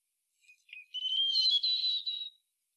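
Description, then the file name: European robin song phrase: a few soft lower notes lead into a long, tremulous high warble with overlapping thin tones. "Erithacus rubecula"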